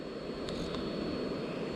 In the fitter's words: there it is locked into place